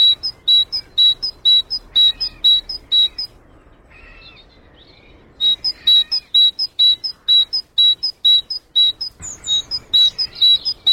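Great tit song: bright two-note phrases alternating high and low, rapidly repeated for about three seconds, a short pause, then renewed, with another bird's twittering near the end.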